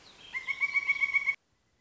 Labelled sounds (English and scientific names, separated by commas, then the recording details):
Pileated Woodpecker (Dryocopus pileatus)
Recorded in Sonoma County, California